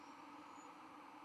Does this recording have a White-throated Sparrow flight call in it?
no